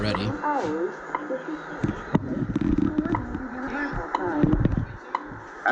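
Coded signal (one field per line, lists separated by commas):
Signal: radio time signal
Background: speech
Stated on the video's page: Received on a Bearcat 20DX receiver.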